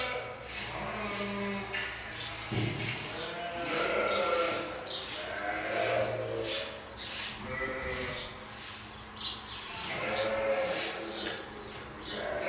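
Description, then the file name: Sheep bleating, several overlapping wavering bleats over a steady low hum. "Schafe Chor"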